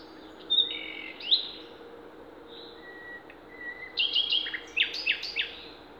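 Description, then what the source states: Songbird song in varied high phrases: sharp slurred notes, a thin steady whistle, then a loud cluster of rapid chirps near the end. Songbirds singing in Demerje forest (demerska šuma), recorded 28 April 2020.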